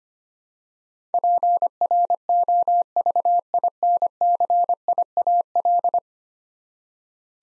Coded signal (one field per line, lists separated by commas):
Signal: Morse code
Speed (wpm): 25 wpm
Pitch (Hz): 700 Hz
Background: none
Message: PROVINCIAL